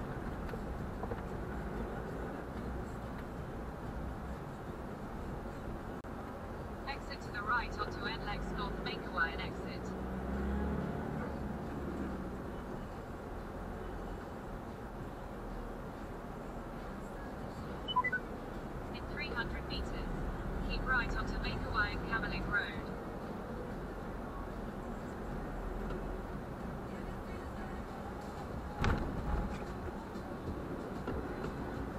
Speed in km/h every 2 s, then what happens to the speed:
20, 24, 21, 20, 24, 31, 32, 29, 28, 27, 31, 33, 31, 29, 26, 24.
0-7 steady at about 20. 7-11 speeds up to 32. 11-18 steady at about 28. 18-22 speeds up to 33. 22-32 slows to 24.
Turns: none.